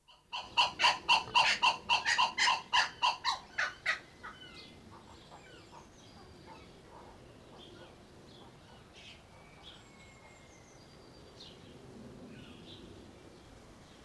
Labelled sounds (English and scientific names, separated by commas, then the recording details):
Blue-winged Kookaburra (Dacelo leachii) call
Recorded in captivity
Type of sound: call sequence
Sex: pair
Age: adult
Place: Zoo Berlin, Berlin, DE
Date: 1992-05-09 11:25
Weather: wolkig, 11-14°C
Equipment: Nagra SN, Mikrofon AKG CK 8, Kopie Tesla B 116
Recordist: Tembrock, Günter
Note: Ende des Duetts (Paar, Außengehege)